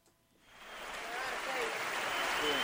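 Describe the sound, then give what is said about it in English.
Applause from the audience at a live bluegrass concert in 1974 swells up from near silence into a steady, dense roar of clapping that keeps building, with a few faint cheers mixed in. “We appreciate the nice applause.”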